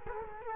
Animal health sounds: mosquito wingbeat signal from an infrared sensor; Culex quinquefasciatus

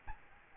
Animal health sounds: mosquito wingbeat signal from an infrared sensor; Aedes albopictus

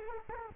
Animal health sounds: mosquito wingbeat signal from an infrared sensor; Culex quinquefasciatus

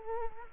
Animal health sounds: mosquito wingbeat signal from an infrared sensor; Culex quinquefasciatus

